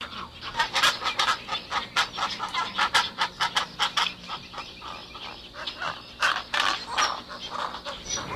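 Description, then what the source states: Young pelican making a rapid series of raspy, breathy squawks and grunts, uneven and harsh, repeated over and over without pause. Baby pelican.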